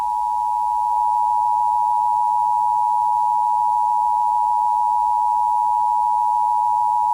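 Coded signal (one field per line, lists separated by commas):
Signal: Emergency Alert System (SAME) tones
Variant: 853 and 960 Hz attention tone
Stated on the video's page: Fictional EAS scenario.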